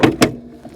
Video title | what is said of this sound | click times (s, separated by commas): 🚦Revo 2.0 (S67) VS The Buzzaround EX (GB148) Comparison | and it clicks right into place. That easy. | 0.0 s, 0.2 s